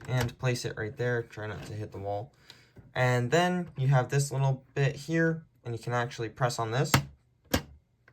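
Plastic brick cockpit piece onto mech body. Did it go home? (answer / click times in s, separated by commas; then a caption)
yes / 7.5 s, 8.1 s. Someone talks while pressing the plastic cockpit piece of a brick-built mech from set 70596 down onto its mount on the mech body. Two sharp clicks follow at 7.5 s and 8.1 s as the cockpit module seats onto the mech.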